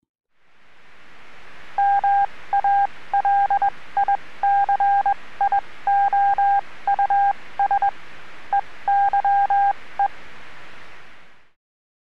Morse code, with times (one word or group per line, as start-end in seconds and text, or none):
1.8-7.9 MALICIOUS
8.5-10.1 EYE